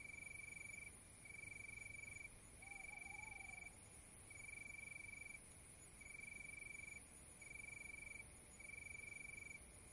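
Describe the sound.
Cricket producing repeated shrill trill bursts about a second long with short gaps; one short wavering whistle sounds early on, with quiet background hiss.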